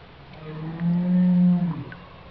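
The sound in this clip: Whale call: one low tonal moan that holds steady for about a second and then drops away, with faint higher overtones and a few brief squeaks.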